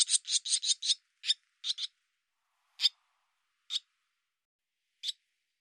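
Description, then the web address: Barn swallow, a fast run of harsh notes, then single calls and a pair, spaced more widely apart. "Deverinetal Bird Hi Ru"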